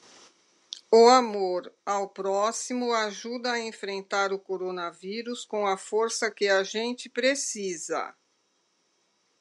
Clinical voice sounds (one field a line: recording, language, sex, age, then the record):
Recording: spoken sentence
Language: Brazilian Portuguese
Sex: female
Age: 60 to 69 years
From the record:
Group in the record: control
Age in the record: 63 years